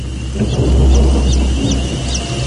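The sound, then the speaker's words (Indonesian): Baby chicks peep faintly in the distance, a handful of thin, high chirps repeating every half second or so over a steady, loud low rumble. “Yaitu suara suara anak ayam.”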